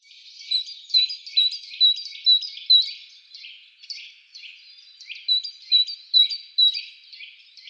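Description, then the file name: Great tit singing a fast, repeated two-note whistled phrase, high and ringing, in two bursts separated by a short quiet gap around the middle. "Didžioji zylė - Great Tit - Parus major"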